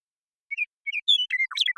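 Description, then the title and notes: Western meadowlark song starting with two lower whistles, then a bright high note and a rapid run of gurgling, falling phrases. Song; recorded in the Pacific Northwest, Washington, United States; isolated and processed from the original with natural pace and rhythm kept. "Western Meadowlark, Sturnella neglecta, song, contact calls, and flush, isolated and processed from original, natural pace and rhythm maintained, family: Troupials and Allies Recorded in the beautiful Pacific Northwest in Washington, United States"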